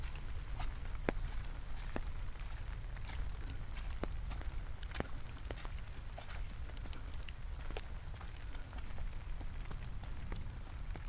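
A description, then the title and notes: Rain falls steadily in a lush subtropical rainforest, a constant hiss with a heavy low rumble underneath. Sharp drips and taps land irregularly on top, several each second, some louder splats standing out around the fifth second. Footsteps may be mixed into the patter. Walking Alone in The Rain. Relax and immerse yourself in this rain sound from a lush rainforest in the subtropical.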